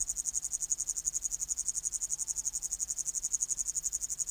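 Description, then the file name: Upland green bush-cricket song, a sustained shrill buzz made of fast, regular pulses that continues without a break throughout. "Tettigonia cantans"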